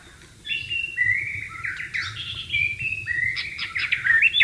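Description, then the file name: White-rumped shama song beginning after a short silence, a flowing run of clear whistles and quick slurred notes with varied pitch, continuing to the end. "suara burung murai batu di alam liar"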